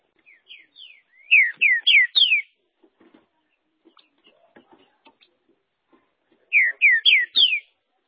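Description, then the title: Green-winged saltator song: soft introductory notes, then a loud run of four to five downslurred whistles, the phrase repeating after about four seconds of quiet ticking. "Trinca Ferro"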